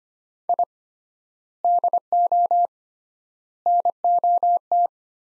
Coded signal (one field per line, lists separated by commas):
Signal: Morse code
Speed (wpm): 25 wpm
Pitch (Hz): 700 Hz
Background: none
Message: I DO NOT